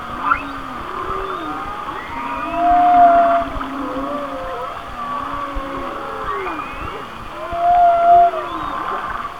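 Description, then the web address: Whale song of wavering, arching moans, mid-pitched sliding tones and two bright, high, clear whistles a few seconds apart. "Natures Songs Whale Songs Whale Songs- Mike Mc Donald"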